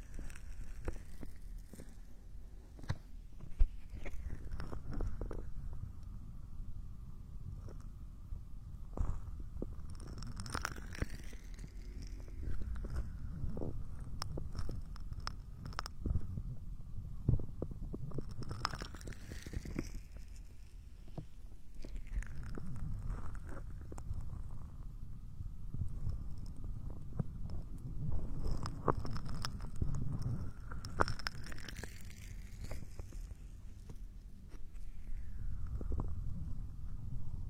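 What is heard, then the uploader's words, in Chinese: Ear cleaning (掏耳朵): a continuous low rumble of scraping and rubbing runs through the whole recording, dotted with sharp clicks and crackles. Every few seconds a sliding squeaky sweep rises and falls, clustering around 10–12, 18–20 and 29–32 seconds. 掏耳朵。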